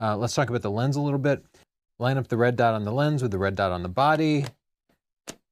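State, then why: Seated. Someone talks for most of the clip, then, after a pause, an interchangeable lens, lined up red dot to red dot with the camera body, is twisted clockwise into the bayonet mount. It seats with a single short, sharp click at 5.3 s.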